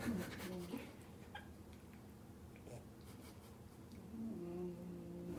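Two low, buzzy, pitched breath sounds a few seconds apart from Ursula, a sleeping bulldog: ordinary snoring.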